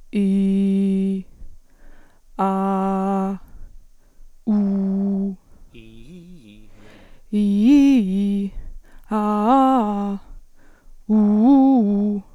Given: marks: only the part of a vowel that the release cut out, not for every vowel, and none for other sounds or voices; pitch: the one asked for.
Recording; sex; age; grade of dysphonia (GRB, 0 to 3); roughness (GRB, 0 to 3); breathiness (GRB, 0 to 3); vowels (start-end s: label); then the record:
sustained vowels; female; 40 to 49 years; 2; 0; 0
0.22-1.09 s: vowel /i/, low pitch
2.48-3.24 s: vowel /a/, low pitch
4.60-5.23 s: vowel /u/, low pitch
7.43-8.39 s: vowel /i/, low-high-low pitch
9.18-10.02 s: vowel /a/, low-high-low pitch
11.17-12.11 s: vowel /u/, low-high-low pitch
From the record:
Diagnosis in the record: dysphonia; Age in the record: 41 years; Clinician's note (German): Postlaryngitische Dysphonie